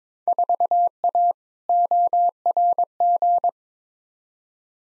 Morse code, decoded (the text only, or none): 4A ORG